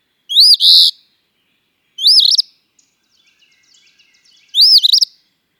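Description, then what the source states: Eastern phoebe giving three high, raspy fee-bee phrases, spaced apart, in an otherwise quiet background. Winnipeg neighbourhood.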